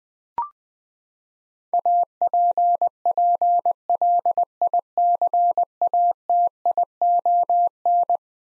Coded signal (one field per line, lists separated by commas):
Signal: Morse code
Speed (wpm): 20 wpm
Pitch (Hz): 700 Hz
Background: none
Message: APPLICATION